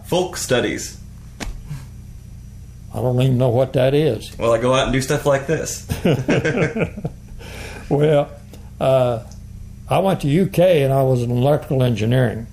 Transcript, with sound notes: Folk studies.
I don’t even know what that is.
Well I go out and do stuff like this [laughter]
Well…I went to UK and I was in electrical engineering